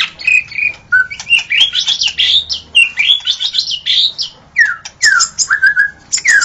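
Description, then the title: White-rumped shama singing a dense, rich run of warbled whistles and harsh buzzy notes, some phrases sliding downward, delivered almost without pause. Wild song from forest. "Kicau Asli Murai Batu Hutan"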